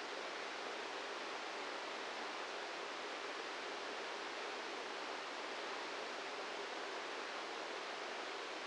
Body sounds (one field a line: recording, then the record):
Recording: brain microelectrode recording played as sound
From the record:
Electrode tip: inside the subthalamic nucleus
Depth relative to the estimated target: -2 mm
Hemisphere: left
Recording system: NeuroSet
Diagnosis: Parkinson's disease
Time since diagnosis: 8 years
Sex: male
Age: 58 years